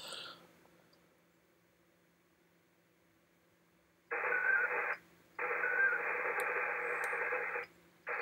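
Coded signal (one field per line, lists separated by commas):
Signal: HF data modem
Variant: ARDOP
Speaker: well let's give it a shot we'll see if we can establish a connection I did it five minutes ago and it worked for this station you're w9f e so we'll try this and we'll see how it goes here we go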